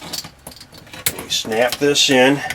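After its small safety/protection clip is pulled off, a faucet's flexible supply hose is handled at its quick-connect fitting under a galley sink, making short, sharp handling knocks at about 0.5, 0.9, 1.1 and 1.2 seconds while someone talks. The clip ends before the hose goes home, so nothing has seated or clicked yet.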